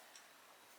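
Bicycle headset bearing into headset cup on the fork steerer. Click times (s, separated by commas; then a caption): 0.2 s. A bicycle headset bearing is pressed by hand into its cup on the fork steerer to seat it. A faint, short tick is heard at 0.2 s over a quiet background hiss, and the bearing is seated.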